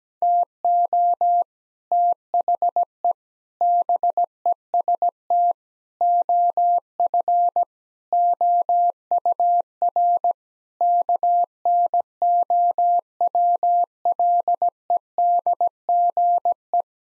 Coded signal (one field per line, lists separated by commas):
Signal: Morse code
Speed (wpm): 17 wpm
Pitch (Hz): 700 Hz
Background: none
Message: TO THE BEST OF OUR KNOWLEDGE